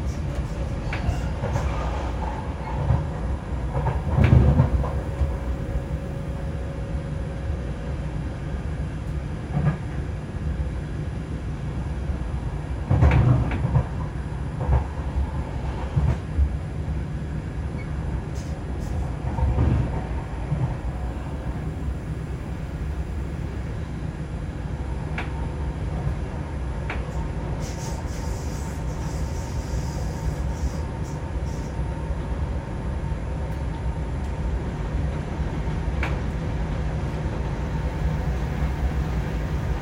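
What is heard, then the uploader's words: A steady low rumble of a moving train carries throughout, with scattered clicks and clunks around 4, 13 and 20 seconds and faint hums. With the CAT (City Airport Train), Vienna offers a rapid connection between city centre and airport. It’s relaxing and soothing with minor hums and clicks and not overcrowded. Recorded by Rebecca Goldberg.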